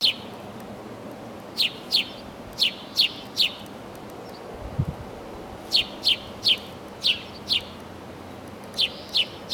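House sparrows chirping: sharp, bright chirps in short bursts separated by pauses of a few seconds, over a soft steady background hiss.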